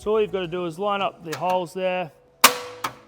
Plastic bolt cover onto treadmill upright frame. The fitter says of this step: give it a knock, and you'll hear it click in.